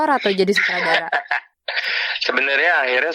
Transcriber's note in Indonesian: tertawa